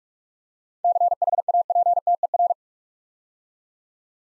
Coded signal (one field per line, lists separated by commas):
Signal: Morse code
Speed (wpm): 44 wpm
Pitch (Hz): 700 Hz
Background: none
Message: CHAPTER